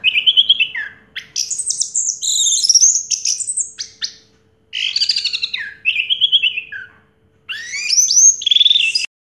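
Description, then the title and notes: Orange-headed thrush in three bursts of fast varied song, mixing rolling trills with rising and falling whistles. Anis merah song in the 'teler' style, with a clear voice. "Anis Merah Teler Suara Jernih. suara anis merah"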